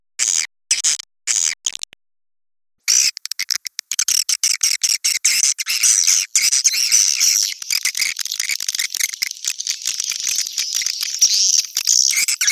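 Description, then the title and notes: Swiftlet calls in short chopped bursts with dead-silent gaps at first, then a steady stream of high, rapid twittering chirps. Swiftlet farming context, Asia. "Swiflet Bird Sound. Farming Swiflet Bird asia sound"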